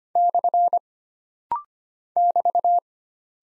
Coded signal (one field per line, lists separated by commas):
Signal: Morse code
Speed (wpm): 25 wpm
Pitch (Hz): 700 Hz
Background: none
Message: / <BT>